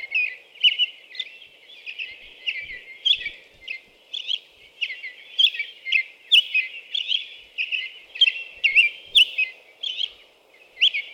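American robin delivering a steady, continuous series of whistled caroling phrases, one after another, for the whole stretch.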